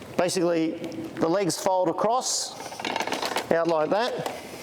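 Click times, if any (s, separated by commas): none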